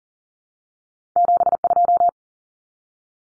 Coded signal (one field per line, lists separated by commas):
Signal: Morse code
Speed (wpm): 40 wpm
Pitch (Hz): 700 Hz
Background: none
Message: 72